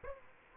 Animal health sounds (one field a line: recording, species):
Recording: mosquito wingbeat signal from an infrared sensor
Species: Aedes aegypti